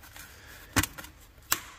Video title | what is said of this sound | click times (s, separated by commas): Fire! - #667 | Instead, it hooks in there and snaps into place. | 1.5 s